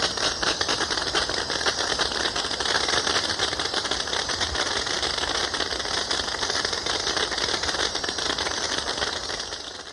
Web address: Natures Songs S America Birds of Ecuador Oilbird